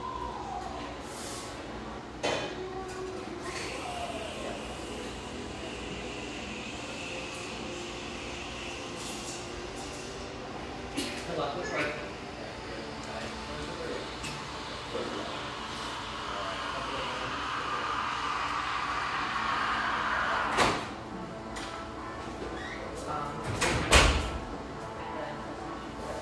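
Coffeehouse sounds with a steady low murmur and soft background music running throughout. Sharp clattering knocks break in now and then, near 2, 11, 20 and 24 seconds, and a rising whine swells from about 16 to 20 seconds before a loud clunk.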